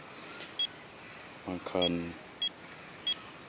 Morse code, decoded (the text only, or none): none